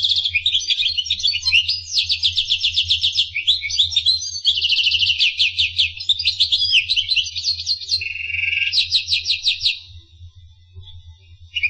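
Finch song: fast, high chattering trills and buzzy rattles in rapid bursts, with a lower buzz near the end, then a final trill before it goes quiet.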